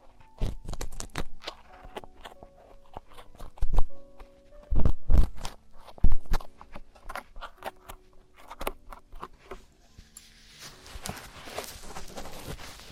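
Traditional Chinese ear cleaning and earwax removal, heard as a run of sharp clicks, scrapes and crackles that come in irregular clusters, with louder pops near 1, 4, 5 and 6 seconds. After about 10 seconds a steady brighter hiss and rustle takes over.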